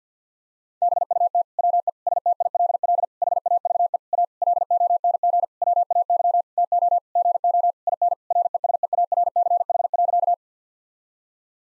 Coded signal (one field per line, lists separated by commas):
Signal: Morse code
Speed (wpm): 50 wpm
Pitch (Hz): 700 Hz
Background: none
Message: BUT WE STILL HAVE A LONG WAY TO GO IN RESEARCH.